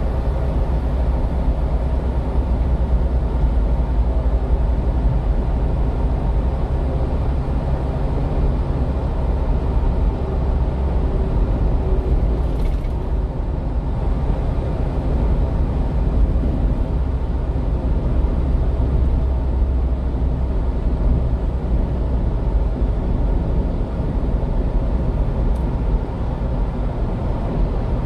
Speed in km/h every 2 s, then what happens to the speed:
80, 80, 82, 83, 84, 84, 83, 83, 82, 78, 76, 76, 76, 73.
0-15 steady at about 83. 15-28 slows to 73.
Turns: none.